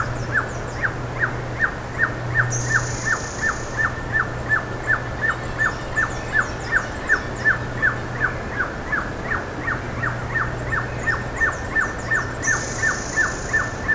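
Bird calls: a long steady series of strong downslurred notes, nearly three per second, with occasional high thin whistles and a continuous low hum.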